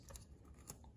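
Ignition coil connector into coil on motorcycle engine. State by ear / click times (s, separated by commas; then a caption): not seated / none. An ignition coil connector is handled as it is being pushed onto the coil on a 2008-2010 Kawasaki ZX10R motorcycle engine during spark plug replacement. Faint handling taps and light scrapes are heard, with small sharp transients around 0.1, 0.2 and 0.7 seconds. The connector has not seated or clicked in yet.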